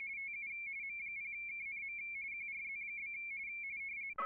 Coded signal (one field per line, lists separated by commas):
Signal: RTTY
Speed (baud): 45.45 baud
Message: TU M0KNM QRZ?